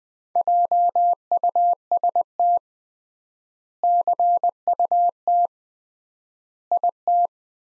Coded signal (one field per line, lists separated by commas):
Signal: Morse code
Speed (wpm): 21 wpm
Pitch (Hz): 700 Hz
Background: none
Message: JUST CUT IT